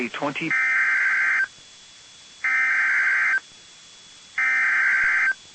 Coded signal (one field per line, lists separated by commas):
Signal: Emergency Alert System (SAME) tones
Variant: header bursts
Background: speech